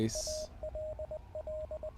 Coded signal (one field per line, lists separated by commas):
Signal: Morse code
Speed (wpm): 20 wpm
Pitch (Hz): 620 Hz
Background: speech, radio noise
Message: ALL